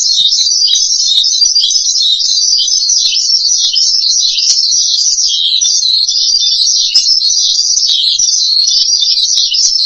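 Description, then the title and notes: Starling pouring out a constant high, buzzy warble with small dips and rises, never pausing, no other sounds clear. "suara burung jalak"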